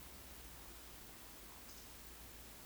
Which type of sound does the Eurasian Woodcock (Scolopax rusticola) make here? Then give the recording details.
whistle, croak. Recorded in Baden-Württemberg, Germany, on 31 May 2021 at 19:59 UTC. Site 20675, 466 m above sea level